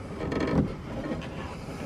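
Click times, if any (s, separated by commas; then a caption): none. A flipped Hikari LED headlight bulb is positioned and lined up in the headlight housing of a 2010–2015 third-generation Toyota Prius before being pushed home. A soft, steady rumble with faint handling noise builds slightly around 0.6 s and then settles. Nothing has seated or clicked yet.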